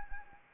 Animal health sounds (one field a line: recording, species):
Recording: mosquito wingbeat signal from an infrared sensor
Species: Anopheles arabiensis